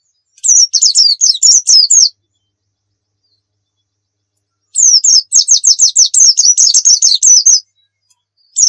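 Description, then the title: White-eye song: fast series of high, down-slurred whistled notes in bursts separated by a few seconds of silence. Pleci Muria (Muria white-eye) singing gacor (persistently); a masteran recording for training pet songbirds to sing. "Pleci Muria Gacor"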